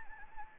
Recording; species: mosquito wingbeat signal from an infrared sensor; Anopheles gambiae